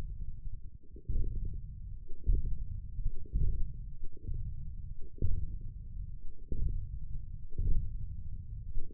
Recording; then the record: forearm muscle sounds (acoustic myography)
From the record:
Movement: radial deviation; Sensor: system 1, eight BSWA MPA416 microphones around the upper forearm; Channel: 1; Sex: male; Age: 20 years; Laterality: left